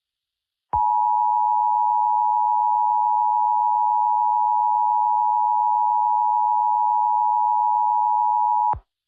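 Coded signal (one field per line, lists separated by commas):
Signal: Emergency Alert System (SAME) tones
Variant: 853 and 960 Hz attention tone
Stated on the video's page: Fictional EAS scenario.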